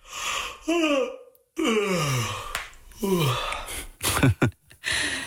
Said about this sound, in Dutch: Want dit geluid, iemand die geeuwt.